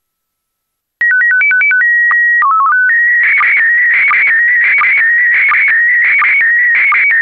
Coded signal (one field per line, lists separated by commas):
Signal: SSTV (slow-scan television)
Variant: PD 90